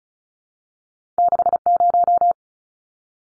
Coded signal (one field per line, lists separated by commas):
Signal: Morse code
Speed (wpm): 34 wpm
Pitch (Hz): 700 Hz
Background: none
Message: 60